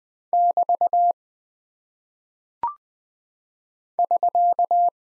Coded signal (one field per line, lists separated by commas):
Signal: Morse code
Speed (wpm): 20 wpm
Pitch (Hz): 700 Hz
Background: none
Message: <BT> <SK>